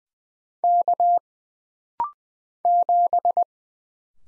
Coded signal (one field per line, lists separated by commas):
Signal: Morse code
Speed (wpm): 20 wpm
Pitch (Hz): 700 Hz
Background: none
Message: K 7